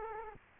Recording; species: mosquito wingbeat signal from an infrared sensor; Culex quinquefasciatus